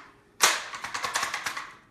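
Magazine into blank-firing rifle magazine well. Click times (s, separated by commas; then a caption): 0.4 s. A magazine is pushed into the magazine well of a metal-and-polymer StG44 blank-firing replica rifle and latches in cleanly with a sharp click at 0.4 s. A run of lighter rattling clicks follows through about 1.5 s as it rattles a bit, which is put down to it being an older model that was not built for a particularly solid hold.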